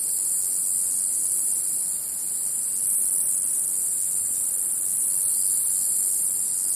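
Cicada song: a continuous high, hissing drone that dips briefly just after two seconds, then carries on unchanged.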